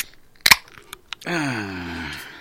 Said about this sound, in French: Du Corsaire, de Lévis. On les aime parce qu'ils sont chenous. Donc, un petit son de canette. Donc, ouvrons.